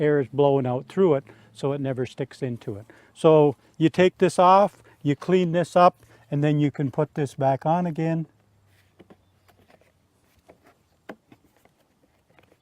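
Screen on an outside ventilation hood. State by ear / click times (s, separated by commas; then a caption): seated / 11.1 s. Someone talks while cleaning the screen on an outside HRV vent hood; the screen never gets filled up because air blows out through it. After the talking stops, a few faint handling taps follow, then the screen snaps back onto the hood with a sharp click at 11.1 seconds, seated in place.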